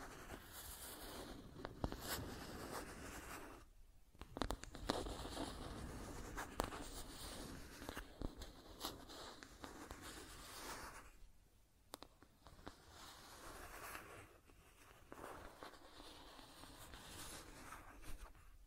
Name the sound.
Scratching and Tracing Sounds